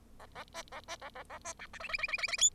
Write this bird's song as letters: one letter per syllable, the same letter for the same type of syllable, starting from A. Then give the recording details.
A A B A B A A A B C D E E E E E E F. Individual Bird0